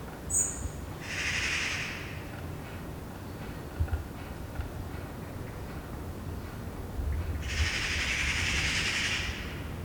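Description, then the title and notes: Eurasian magpie chatter, a short harsh burst early and a longer rattling run near the end, with a thin high note at the start. Several magpies chattering in a tree, heard from a balcony in Saint-Gilles, Belgium, on a Sunday morning; recorded on a Sony PCM-D100. "Saint-Gilles, Belgique - Magpies. Dimanche matin sur le balcon. Des pies jacassent dans un arbre. Sunday morning on the balcony. Magpies chattering in a tree"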